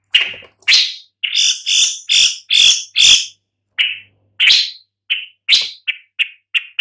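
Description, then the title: Long-tailed shrike uttering loud, grating squawks in quick bursts, then a pause and a further string of shorter rasping notes. "Lanius Schach"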